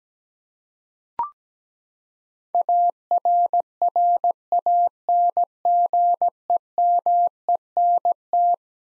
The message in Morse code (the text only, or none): ARRANGEMENT